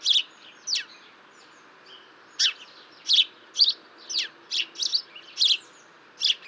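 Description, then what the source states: House sparrow chirps, short harsh tchip notes in irregular bursts, some doubled, with brief pauses between groups; faint background hiss. Territorial tchip and tchiup chirps rather than a true song.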